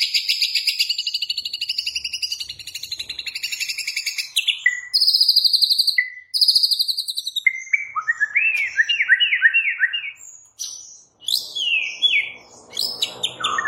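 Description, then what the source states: White-rumped shama song, a varied run of loud clear whistles, buzzy trills and sharp descending notes, with a rapid rattling passage near the end. Training (masteran) white-rumped shama song in the full 'ngerol' rolling style with 'nembak' sharp shooting notes.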